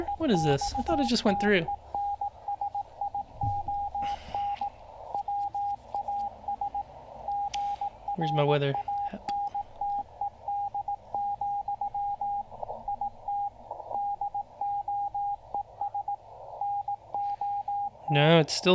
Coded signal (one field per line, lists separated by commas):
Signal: Morse code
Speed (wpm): 18 wpm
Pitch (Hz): 810 Hz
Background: speech, radio noise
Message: EXTENSION WAS GRANTED, IT DOES NOT